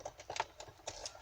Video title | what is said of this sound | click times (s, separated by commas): Toyota Aygo 2005-2014 how to remove radio simple guide | it there we go click if you heard that go I think it's been out before so it's obviously quite loose | 0.4 s